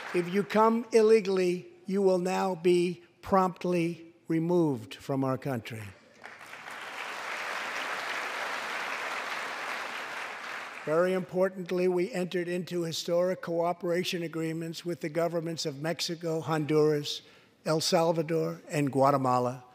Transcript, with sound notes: If you come illegally, you will now be promptly removed from our country. (Applause.) Very importantly, we entered into historic cooperation agreements with the governments of Mexico, Honduras, El Salvador, and Guatemala.